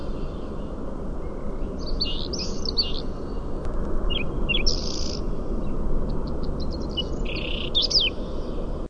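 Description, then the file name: European stonechat song, short high scratchy twittering phrases in scattered bursts, over constant loud low rumbling noise like wind or traffic. "Saltimpalo"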